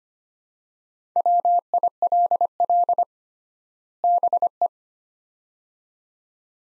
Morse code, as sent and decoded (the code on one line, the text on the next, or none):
.-- .. .-.. .-.. / -... .
WILL BE